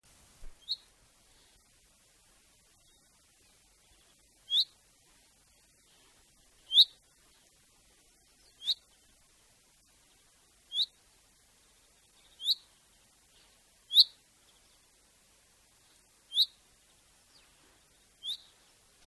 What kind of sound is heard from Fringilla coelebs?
call